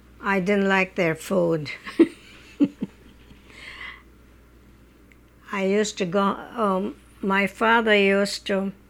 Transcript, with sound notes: I didn't like their food. ( she laughs ) I used to go, my father used to